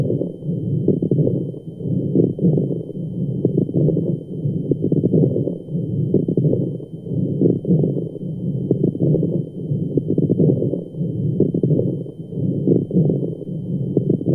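Low-pitched breath sounds rise and fall in slow cycles, about 17 a minute, with dense, fine popping crackles throughout. These widespread crackles reflect fluid in the small airways and air sacs, typical of pulmonary edema.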